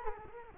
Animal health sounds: mosquito wingbeat signal from an infrared sensor; Culex quinquefasciatus

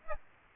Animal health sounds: mosquito wingbeat signal from an infrared sensor; Aedes aegypti

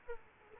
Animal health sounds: mosquito wingbeat signal from an infrared sensor; Aedes aegypti

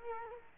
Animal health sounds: mosquito wingbeat signal from an infrared sensor; Culex quinquefasciatus

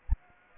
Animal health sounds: mosquito wingbeat signal from an infrared sensor; Aedes aegypti

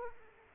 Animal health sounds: mosquito wingbeat signal from an infrared sensor; Aedes aegypti

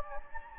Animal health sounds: mosquito wingbeat signal from an infrared sensor; Anopheles gambiae

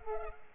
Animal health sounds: mosquito wingbeat signal from an infrared sensor; Culex pipiens

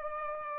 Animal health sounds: mosquito wingbeat signal from an infrared sensor; Culex pipiens

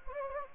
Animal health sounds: mosquito wingbeat signal from an infrared sensor; Anopheles gambiae

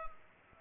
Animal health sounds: mosquito wingbeat signal from an infrared sensor; Culex pipiens

